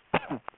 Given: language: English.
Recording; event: throat vibration sensor signal played as sound; cough